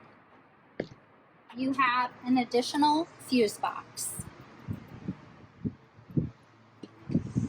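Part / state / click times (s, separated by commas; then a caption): felt trunk trim panel into its snap clips in the trunk / seated / 0.8 s. A felt-covered trunk trim panel in a 2020 LS is pressed back onto its snap-in clips, giving a single sharp click at 0.8 s as it pops into place. Someone then talks, followed by a few fainter taps, and the panel sits seated and snug.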